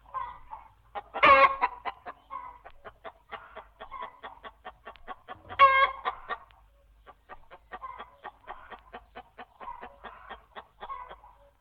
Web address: farmyard cock crow hens guinea fowls bantams